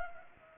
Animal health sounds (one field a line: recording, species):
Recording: mosquito wingbeat signal from an infrared sensor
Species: Anopheles gambiae